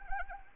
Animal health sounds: mosquito wingbeat signal from an infrared sensor; Anopheles arabiensis

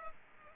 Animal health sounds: mosquito wingbeat signal from an infrared sensor; Culex pipiens

